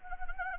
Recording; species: mosquito wingbeat signal from an infrared sensor; Anopheles arabiensis